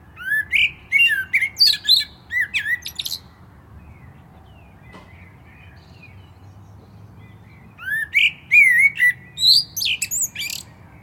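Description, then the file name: Common blackbird song: two separate phrases of rich, bending whistles mixed with thin high squeaks, with several seconds of quiet between them. "Turdus merula"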